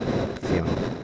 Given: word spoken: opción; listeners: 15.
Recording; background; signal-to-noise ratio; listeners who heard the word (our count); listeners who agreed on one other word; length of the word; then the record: one Spanish word in noise, from a listening test; noise modulated by three-talker babble; -3.8 dB; 1 of 15; 9 of 15; 0.64 s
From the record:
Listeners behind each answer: 9, 1, 1, 1, 1, 1, 1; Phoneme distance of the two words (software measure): 20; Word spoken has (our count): 2 syllables, 6 phonemes, stress on syllable 2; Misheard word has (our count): 2 syllables, 6 phonemes, stress on syllable 2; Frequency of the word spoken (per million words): 47.03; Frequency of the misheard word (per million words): 208.37